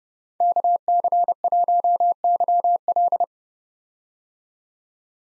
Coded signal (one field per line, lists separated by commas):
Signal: Morse code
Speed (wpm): 32 wpm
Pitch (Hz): 700 Hz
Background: none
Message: KC1YL